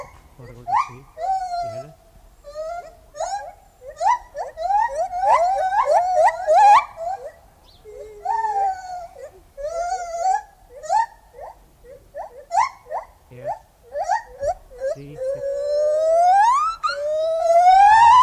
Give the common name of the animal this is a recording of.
Lar Gibbon